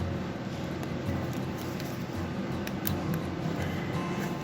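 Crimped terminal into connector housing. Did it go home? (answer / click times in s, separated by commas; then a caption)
yes / 2.9 s. A new crimped terminal is pushed into the plastic connector housing on a motorcycle harness until its locking tab clicks into the recess. Over a steady low background, faint ticks come at 0.8 s and 2.7 s, then a sharp click at 2.9 s marks the terminal seating in the housing.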